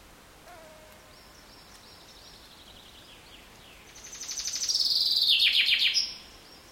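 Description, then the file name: Common chaffinch singing a fast, descending trill of repeated sharp notes that finishes with a quick flourish, after a few seconds of quiet with a faint thin note. "Fringilla coelebs"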